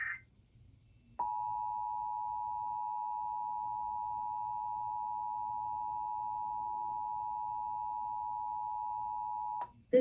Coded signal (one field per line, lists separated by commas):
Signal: Emergency Alert System (SAME) tones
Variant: 853 and 960 Hz attention tone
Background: speech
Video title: EAS #3035 IL RMT on WCIU 26-1